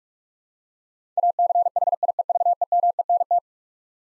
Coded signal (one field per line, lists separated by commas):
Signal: Morse code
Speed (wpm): 46 wpm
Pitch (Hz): 700 Hz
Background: none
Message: ACHIEVEMENT